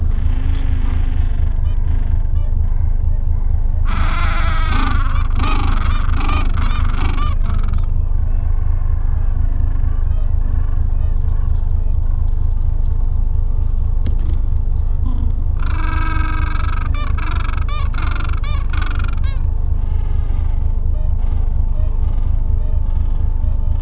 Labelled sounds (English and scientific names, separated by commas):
Gentoo Penguin (Pygoscelis papua)